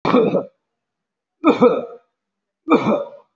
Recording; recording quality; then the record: shallow voluntary cough; moderate, slight background noise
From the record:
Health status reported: respiratory illness, not identified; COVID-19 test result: not tested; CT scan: taken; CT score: 0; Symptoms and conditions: cough, cold, asthma, chronic lung disease, pneumonia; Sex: male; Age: 62 years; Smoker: no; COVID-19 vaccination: none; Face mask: not worn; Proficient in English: no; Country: India